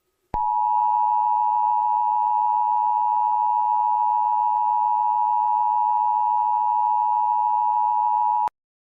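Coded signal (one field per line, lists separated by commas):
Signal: Emergency Alert System (SAME) tones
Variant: 853 and 960 Hz attention tone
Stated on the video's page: Fictional emergency alert scenario; simulated tones, not a real broadcast.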